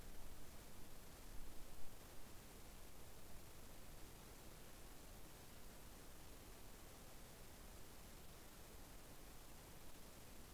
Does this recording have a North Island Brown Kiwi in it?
no